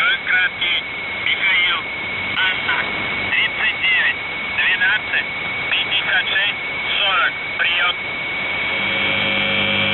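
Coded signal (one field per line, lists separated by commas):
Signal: coded military voice message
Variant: UVB-76, Russian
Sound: radio voice speaking short clipped words over hiss, with a steady high whistle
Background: radio static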